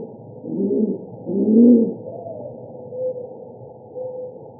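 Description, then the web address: Rock pigeon uttering two low, rolling coos in quick succession, followed by quiet with faint soft notes. Arizona. "Doves AZFO ROPI. deviche"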